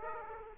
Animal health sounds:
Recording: mosquito wingbeat signal from an infrared sensor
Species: Aedes aegypti

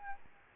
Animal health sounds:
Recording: mosquito wingbeat signal from an infrared sensor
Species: Aedes albopictus

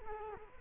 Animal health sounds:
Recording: mosquito wingbeat signal from an infrared sensor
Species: Culex quinquefasciatus

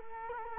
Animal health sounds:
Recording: mosquito wingbeat signal from an infrared sensor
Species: Culex quinquefasciatus

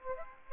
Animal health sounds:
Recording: mosquito wingbeat signal from an infrared sensor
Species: Aedes aegypti

